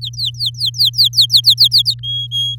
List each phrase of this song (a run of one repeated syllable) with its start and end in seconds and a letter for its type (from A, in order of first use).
0.01-1.94 A, 2.03-2.56 B